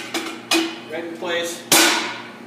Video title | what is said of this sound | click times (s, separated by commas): Dutchess Model BMIH-9SQ - Head Dis-Assembly Procedure | snaps right place from there I can work around all the outer ones | 0.5 s